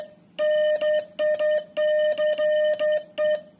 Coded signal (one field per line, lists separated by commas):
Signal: Morse code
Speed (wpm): 11 wpm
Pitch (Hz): 610 Hz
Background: music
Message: NICE